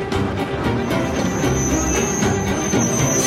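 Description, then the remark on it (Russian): A tram pulls away and rolls along its rails with a steady low rumble, a thin high-pitched wheel squeal running throughout and soft rhythmic clacks every fraction of a second. No voices. “Трамвай трогается.”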